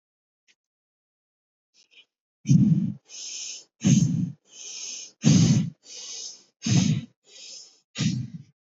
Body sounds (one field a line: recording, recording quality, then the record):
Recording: shallow breathing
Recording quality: excellent, no background noise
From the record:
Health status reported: healthy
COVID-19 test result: negative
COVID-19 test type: RT-PCR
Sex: female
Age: 21 years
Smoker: no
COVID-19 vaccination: both doses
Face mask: not worn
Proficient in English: yes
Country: India